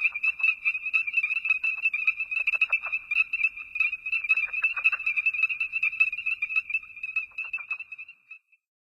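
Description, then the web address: Ornate chorus frog chorus, many shrill, high peeps in a rapid overlapping stream that continues steadily, then stops near the end. North America. "Songs of Frogs Toads of North America. Ornate Chorus Frog"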